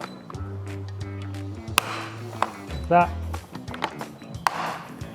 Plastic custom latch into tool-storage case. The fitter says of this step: And then we can snap this back in and you'll hear a click.